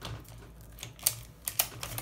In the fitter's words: it didn't snap but it's in place it's not gonna come out because the little lock is there now